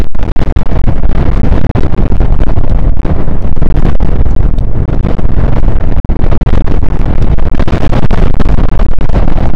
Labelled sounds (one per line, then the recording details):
wind
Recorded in the Prudhoe Bay oil fields, Alaska, on 1 August 2019 at 02:01
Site 29